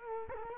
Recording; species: mosquito wingbeat signal from an infrared sensor; Culex quinquefasciatus